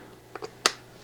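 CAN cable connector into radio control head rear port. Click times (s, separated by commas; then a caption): 0.7 s. A keyed blue CAN cable plug is pushed into the rear port of a Motorola XTL 2500 radio control head, making the communication cable connection between the RF deck and the control head. Two faint ticks at 0.4 s come before a single sharp, loud click at 0.7 s as the connector seats.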